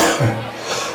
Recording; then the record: coughing mixed with background sound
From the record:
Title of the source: Cough Around the Clock!